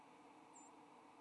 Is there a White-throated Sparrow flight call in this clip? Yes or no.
yes